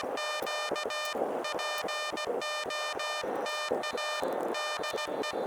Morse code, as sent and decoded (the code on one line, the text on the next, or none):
--.- / .--. --- - .- / -.. .
Q POTA DE